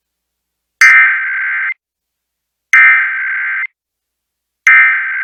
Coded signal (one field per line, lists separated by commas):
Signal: Emergency Alert System (SAME) tones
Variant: header bursts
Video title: EAS Child Abduction Emergency (AMBER ALERT) Utah Statewide Alert KSL-AM Salt Lake City